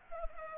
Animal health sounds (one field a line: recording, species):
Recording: mosquito wingbeat signal from an infrared sensor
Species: Culex pipiens